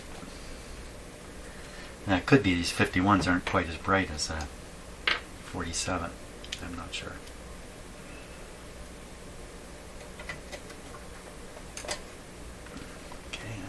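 A dial light bulb socket is being handled at the dial lamp bracket of a Canadian Westinghouse 981 shortwave radio, with someone talking early on about the bulbs. Small handling clicks and taps follow, the sharpest at about 5.1 s and lighter ones near 10.3, 11.8 and 13.3 s. Nothing has seated or clicked into place yet.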